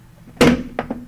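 Two formed sheet metal edges of a snap lock seam are pressed together by hand, pushing the locking edge into its mating receiving edge. A loud metallic snap lands at 0.4 s and a second sharp snap at 0.8 s, followed by a fainter tick at about 0.9 s. The seam snaps together and is seated.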